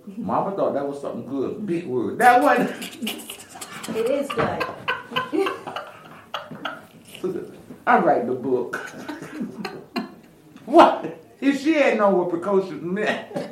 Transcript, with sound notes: Momma thought that was something good, big word. That wasn’t! (laughter)
It is good.
(laughter) I write the book. (laughter) …If she had known what ‘precocious’ meant,